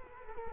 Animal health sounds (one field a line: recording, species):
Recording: mosquito wingbeat signal from an infrared sensor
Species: Culex quinquefasciatus